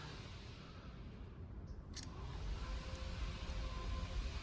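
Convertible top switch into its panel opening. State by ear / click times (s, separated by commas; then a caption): not seated / none. A convertible top switch for a 1962 Ford Thunderbird is pushed into its panel opening, with small clicking sounds and one loud knock over a low rumbling background. The switch does not lock into place, and nothing has seated or clicked home yet.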